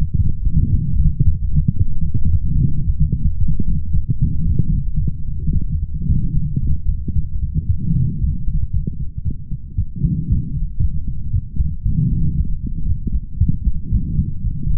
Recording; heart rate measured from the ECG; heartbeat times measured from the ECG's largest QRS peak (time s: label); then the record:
heart sounds by stethoscope; 114 bpm
0.17 s: heartbeat
0.70 s: heartbeat
1.24 s: heartbeat
1.77 s: heartbeat
2.31 s: heartbeat
2.85 s: heartbeat
3.39 s: heartbeat
3.92 s: heartbeat
4.46 s: heartbeat
4.99 s: heartbeat
5.53 s: heartbeat
6.07 s: heartbeat
6.60 s: heartbeat
7.14 s: heartbeat
7.67 s: heartbeat
8.19 s: heartbeat
8.71 s: heartbeat
9.23 s: heartbeat
9.76 s: heartbeat
10.28 s: heartbeat
10.79 s: heartbeat
11.31 s: heartbeat
11.83 s: heartbeat
12.36 s: heartbeat
12.87 s: heartbeat
13.38 s: heartbeat
13.90 s: heartbeat
14.42 s: heartbeat
From the record:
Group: healthy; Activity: light exercise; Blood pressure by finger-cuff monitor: 117/77 mmHg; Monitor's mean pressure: 89 mmHg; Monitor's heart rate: 111 bpm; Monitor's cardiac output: 8.5 L/min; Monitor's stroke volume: 75 mL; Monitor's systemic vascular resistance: 770 dyn s/cm5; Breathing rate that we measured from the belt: 32 breaths a minute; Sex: male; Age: 20 years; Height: 187 cm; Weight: 68.9 kg